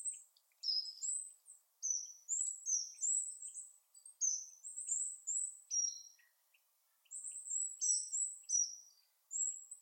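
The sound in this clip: Bird calls: quick series of very high, thin chirps and downslurred whistles in bursts separated by short gaps.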